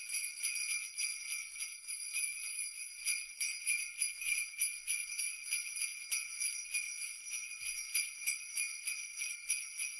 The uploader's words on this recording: Listen to Santa's Sleigh Bells Jingling.